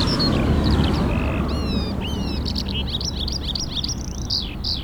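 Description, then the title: Eurasian skylark singing quick varied notes, with slurred whistles and rapid chirps that grow denser toward the end, against a heavy low rumble. Singing over traffic in Taastrup, Denmark; the bird sings louder while cars pass; recorded on a Sony PCM-D100 with internal microphones. "Ole Rømers Vej, 2630 Taastrup, Denmark - Eurasian skylark"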